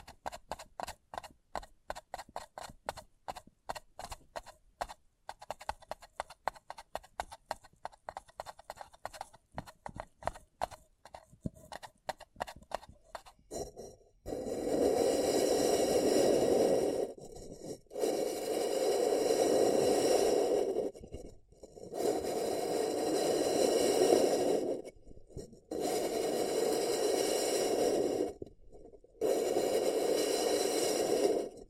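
Paper cup tingles: for the first fourteen seconds, quick, dense tapping and clicking on a paper cup, irregular and crisp. Then long, steady bursts of scratching or rubbing, each lasting about three seconds, separated by brief pauses.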